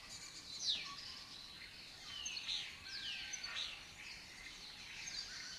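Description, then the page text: Lesser kestrels calling, short rasping and descending chattering notes repeated throughout. Colony breeding in an abandoned building complex in Doñana, southern Europe breeding area; migratory raptor that forages in West Africa. "Lesser Kestrels Took Over an Abandoned Building. Here in Doñana"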